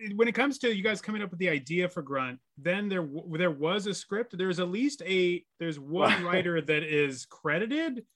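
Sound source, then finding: Adult speaker. Normal speech.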